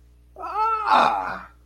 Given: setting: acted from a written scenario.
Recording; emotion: vocal sound without words; positive surprise